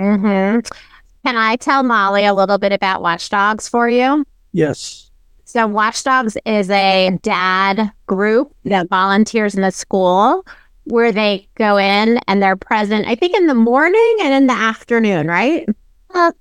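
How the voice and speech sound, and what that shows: A woman speaks clearly and fluently at an easy pace with natural pauses, explaining the Watch Dogs dad volunteer group during a parenting with aphasia group session; typical speech.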